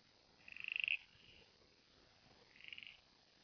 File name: pseudophryne raveni